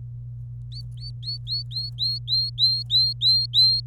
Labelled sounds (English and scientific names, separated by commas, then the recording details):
Domestic Canary (Serinus canaria) song
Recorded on 25 April 2018 at 17:28
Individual llb3